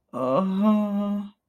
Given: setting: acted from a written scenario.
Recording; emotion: vocal sound without words; distress